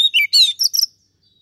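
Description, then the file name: Oriental magpie-robin song: a brief burst of clear whistled and harmonic notes, a few rapid varied phrases lasting under a second, then silence. "Suara Kacer"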